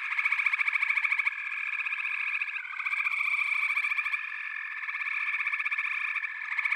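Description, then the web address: Frog chorus: numerous fast trills blend into a sustained high pulsing sound, loudest at the opening and again near the end. A chorus of frogs calling together. "The Natural Sounds of the Wilderness. Echoes of Nature - Frog Chorus"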